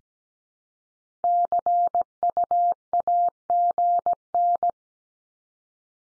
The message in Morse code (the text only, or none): CUAGN